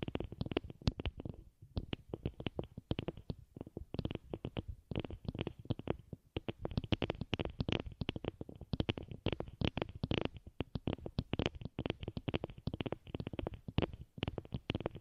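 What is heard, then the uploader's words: Fingernails tap rapidly on a headphone, a dense stream of short clicks with a dull, low thump under each hit. The tapping runs almost continuously, bunching into quick bursts with brief pauses near two, four and six seconds, then grows busier and sharper. Headphone Nail tapping.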